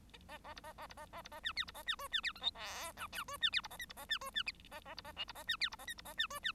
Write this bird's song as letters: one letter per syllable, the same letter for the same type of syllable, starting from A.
A A B A A B A A B A C D B A C E C D F G H I J E C D B A K B A C E C A A B A L B A C D B A K B A C E C